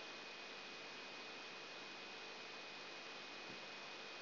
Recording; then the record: brain microelectrode recording played as sound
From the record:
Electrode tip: outside the subthalamic nucleus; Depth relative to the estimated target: -6 mm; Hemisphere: left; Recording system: AlphaMap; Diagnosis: Parkinson's disease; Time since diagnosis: 14 years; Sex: male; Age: 56 years